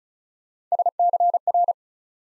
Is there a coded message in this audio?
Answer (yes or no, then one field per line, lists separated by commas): yes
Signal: Morse code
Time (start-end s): 0.7-1.7 s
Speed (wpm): 36 wpm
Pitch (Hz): 700 Hz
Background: none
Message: SCR